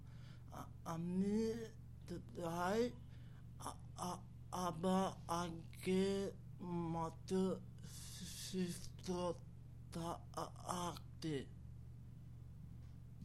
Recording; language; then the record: elicited speech; Bengali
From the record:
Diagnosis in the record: Broca's or global aphasia after a stroke